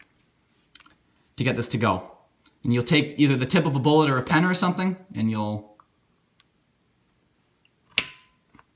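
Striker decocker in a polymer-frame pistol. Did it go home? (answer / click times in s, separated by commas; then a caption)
released / 8.0 s. Someone talks while pulling the slide of a polymer-frame pistol slightly out of battery during takedown and pressing the striker decocker with a bullet tip or pen. A sharp metallic click at 8.0 s shows the striker being released, and the pistol is decocked.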